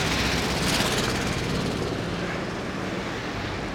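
A Volkswagen Bulli van drives past at a red traffic light, in a headwind, with a loud, rough, steady engine roar and rushing noise, strongest early on and easing slightly as it goes by. No one speaks.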